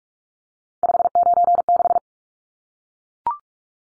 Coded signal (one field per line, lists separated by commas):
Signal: Morse code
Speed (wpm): 44 wpm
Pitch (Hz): 700 Hz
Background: none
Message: 596